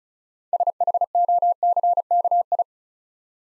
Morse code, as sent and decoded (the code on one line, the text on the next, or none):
... .... --- -.-. -.- ..
SHOCKI